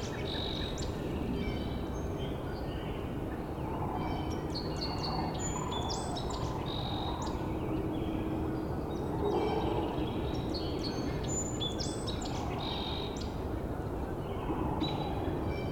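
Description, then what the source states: Sandhill crane flight calls, low rolling croaks repeated every few seconds under steady hiss, with many higher chirps and whistles from other birds throughout. Cranes approaching in flight, presumably more than one; in a swamp near a road.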